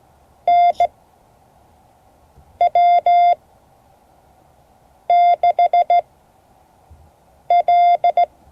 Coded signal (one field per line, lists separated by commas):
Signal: Morse code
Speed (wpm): 17 wpm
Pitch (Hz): 690 Hz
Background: none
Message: NW6L